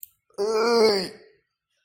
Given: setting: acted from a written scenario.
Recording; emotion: vocal sound without words; disgust